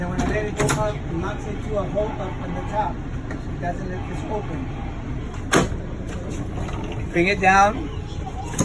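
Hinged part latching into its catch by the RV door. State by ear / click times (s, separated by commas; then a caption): seated / 8.6 s. Someone talks while a hinged fold-down part by the door of a Thor ACE motorhome is brought down and let go. It latches into its catch with a sharp click at 8.6 s, locking into place.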